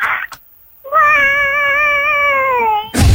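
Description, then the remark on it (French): A person imitates a cat to talk to a pet cat named Minou, giving one long, drawn-out meow, loud and steady in pitch with a slight waver, preceded by a short silence and ending in a brief burst of noise. “Attends, qui fait ça, toi ou le chat?”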